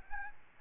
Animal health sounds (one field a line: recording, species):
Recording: mosquito wingbeat signal from an infrared sensor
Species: Aedes albopictus